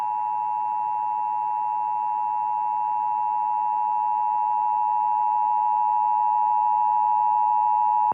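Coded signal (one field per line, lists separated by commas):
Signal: Emergency Alert System (SAME) tones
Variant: 853 and 960 Hz attention tone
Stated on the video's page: National Periodic Test relayed by Dish Network, an FM translator, an AM station and a cable system, recorded from a TV tuner, MP3 player, stereo and DVD recorder.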